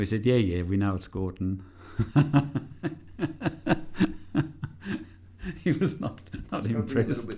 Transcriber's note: laughs